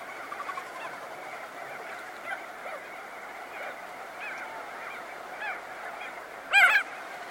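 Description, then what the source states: Crested auklet colony chorus of soft honks, with one sudden loud, harsh nasal call breaking out near the end. Close-up recording.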